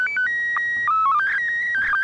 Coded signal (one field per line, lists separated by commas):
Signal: SSTV (slow-scan television)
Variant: PD 180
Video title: ISS SSTV April 2016 Video #1 - Monday Failure and Tuesday Success